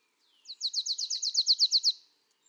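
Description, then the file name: Marsh tit sounding a fast series of many high chipping notes, growing slightly louder toward the end. "Poecile palustris"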